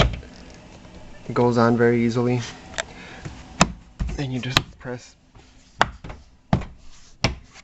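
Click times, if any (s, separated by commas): 5.8 s, 6.5 s, 7.2 s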